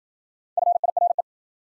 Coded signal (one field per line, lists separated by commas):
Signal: Morse code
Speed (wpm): 53 wpm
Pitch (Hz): 700 Hz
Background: none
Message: FIRE